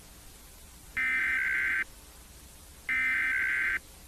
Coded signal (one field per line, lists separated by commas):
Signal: Emergency Alert System (SAME) tones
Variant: header bursts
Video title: EAS Scenario: Thawed Earth - Episode 1: Starting in Miami